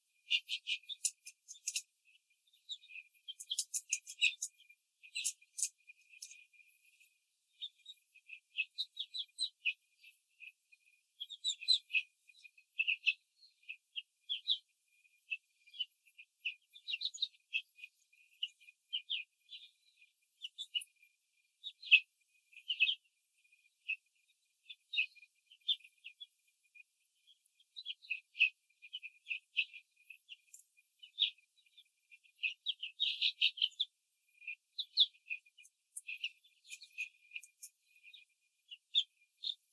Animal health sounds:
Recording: young laying hens in a cage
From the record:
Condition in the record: control cage, after the stress test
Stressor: none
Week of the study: 4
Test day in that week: 3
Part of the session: 2

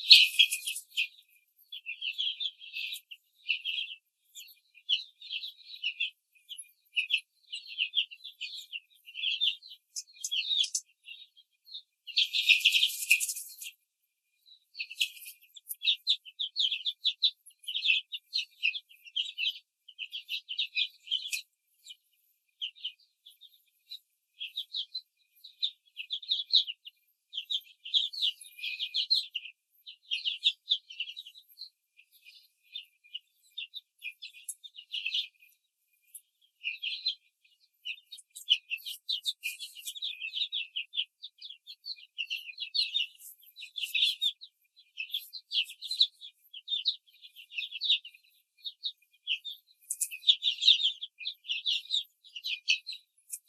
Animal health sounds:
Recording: young laying hens in a cage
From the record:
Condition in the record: control cage, before the stress test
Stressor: none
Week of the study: 4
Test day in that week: 1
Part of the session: 2

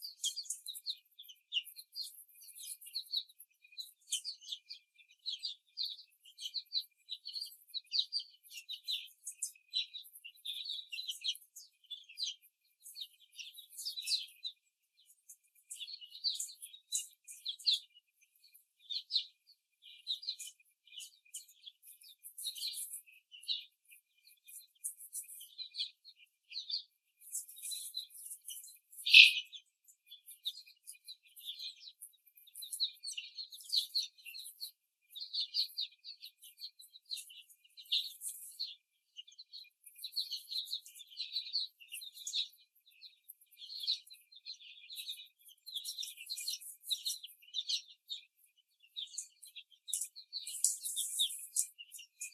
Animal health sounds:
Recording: young laying hens in a cage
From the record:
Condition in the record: before the stressor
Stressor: simulated dog barking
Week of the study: 3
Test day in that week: 1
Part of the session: 3

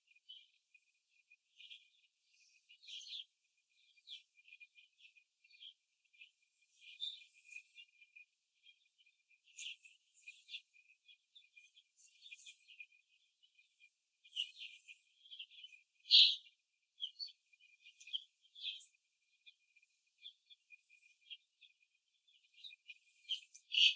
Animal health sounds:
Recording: young laying hens in a cage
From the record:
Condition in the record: after the stressor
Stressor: simulated dog barking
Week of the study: 2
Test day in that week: 2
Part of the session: 2

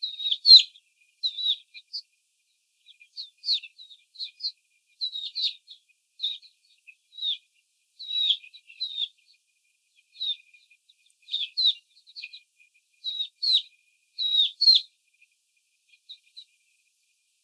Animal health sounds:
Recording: young laying hens in a cage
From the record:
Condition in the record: before the stressor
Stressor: simulated dog barking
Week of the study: 4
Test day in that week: 3

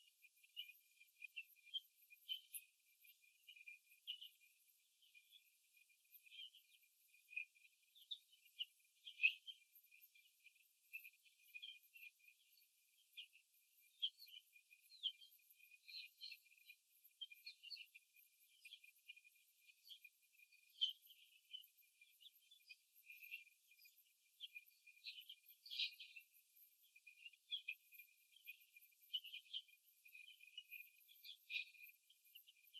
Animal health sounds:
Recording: young laying hens in a cage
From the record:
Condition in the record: before the stressor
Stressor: simulated dog barking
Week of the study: 2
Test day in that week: 3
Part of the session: 2

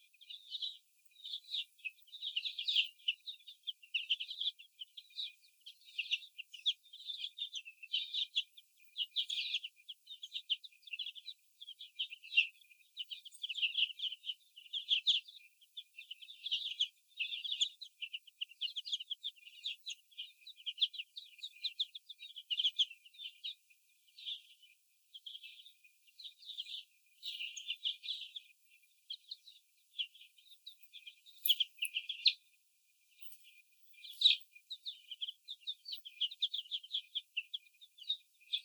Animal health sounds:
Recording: young laying hens in a cage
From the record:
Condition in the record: before the stressor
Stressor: sudden umbrella opening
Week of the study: 2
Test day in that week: 1

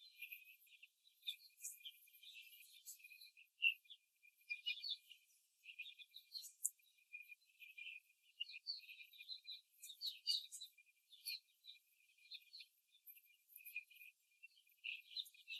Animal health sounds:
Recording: young laying hens in a cage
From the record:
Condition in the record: before the stressor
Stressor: simulated dog barking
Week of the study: 3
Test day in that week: 2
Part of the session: 1

